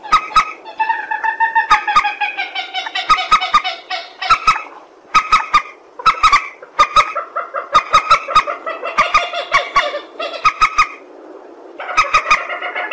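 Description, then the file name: Purple swamphen giving loud nasal, harmonic honking calls in rapid bursts, with sharp clicking sounds between phrases and short pauses. "tieng trich re keu"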